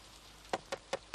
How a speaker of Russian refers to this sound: Взгляд его падает на висящий на стене барометр, показывающий положение «Великая сушь». Он подходит к барометру и стучит по нему.